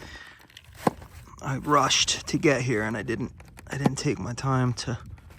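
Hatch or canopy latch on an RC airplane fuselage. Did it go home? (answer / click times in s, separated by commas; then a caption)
no / none. A latching hatch or canopy on a foam RC airplane fuselage is handled and refitted after a failed attempt, with a sharp handling tap near 0.9 s while someone talks. Nothing has seated or clicked yet; the clip ends just before the part latches home.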